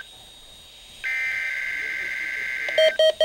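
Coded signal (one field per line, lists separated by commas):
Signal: Emergency Alert System (SAME) tones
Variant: header bursts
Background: speech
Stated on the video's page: NOAA Weather Radio real EAS tests.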